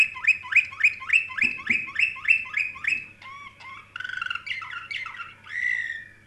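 Canary song opening with a quick run of identical downward-sweeping notes, about three per second, then switching to varied buzzy and whistled phrases ending in a sustained warble; low steady hum beneath.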